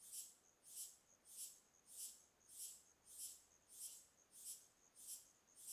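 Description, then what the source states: Crickets and cicadas chirping in high, shrill pulses, about one and a half per second in an even beat, over a thin steady high hum. Crickets and cicadas calling rhythmically.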